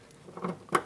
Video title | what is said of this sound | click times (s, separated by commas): How to Replace Liftgate Close Switch 2011-2027 Dodge Durango | Push until you hear a click. If you don't hear a click, give it a pull. Make sure it's locked on. | 0.8 s